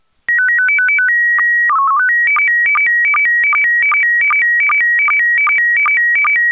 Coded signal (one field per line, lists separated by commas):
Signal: SSTV (slow-scan television)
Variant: PD 50